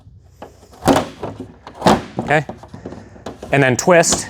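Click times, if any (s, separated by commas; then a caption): none. A plastic shroud on a Precor EFX elliptical trainer is lined up by hand with the fingers against the frame, giving short plastic knocks and scrapes around 0.4, 1.7, 2.2 and 3.3 seconds while someone talks. The shroud is only being aligned before it is twisted into place, and nothing has seated or clicked yet.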